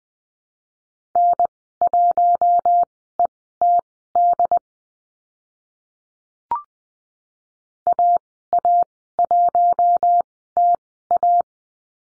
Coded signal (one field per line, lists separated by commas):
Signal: Morse code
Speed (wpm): 20 wpm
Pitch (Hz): 700 Hz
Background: none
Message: N1ETD AA1TA